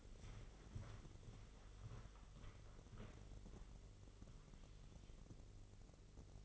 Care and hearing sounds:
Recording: daily activity, microphone in the room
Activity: walk to room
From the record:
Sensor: 4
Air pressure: 996.4 hPa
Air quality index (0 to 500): 68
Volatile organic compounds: 2 ppm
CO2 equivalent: 1251 ppm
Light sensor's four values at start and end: 17/46/17/20 and 19/51/20/21

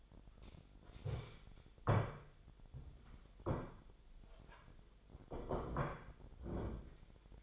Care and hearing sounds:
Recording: daily activity, microphone in the room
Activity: stand up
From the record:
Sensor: 5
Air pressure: 1008.1 hPa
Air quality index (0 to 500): 154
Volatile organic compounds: 3 ppm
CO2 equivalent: 1484 ppm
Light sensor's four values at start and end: 59/165/64/64 and 59/165/64/64

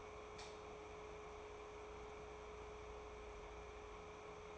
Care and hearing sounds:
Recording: daily activity, microphone in the room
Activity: light on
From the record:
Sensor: 1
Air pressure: 1010.2 hPa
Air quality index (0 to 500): 172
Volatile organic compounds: 12 ppm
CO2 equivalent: 2360 ppm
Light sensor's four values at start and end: 53/137/56/71 and 56/151/61/76

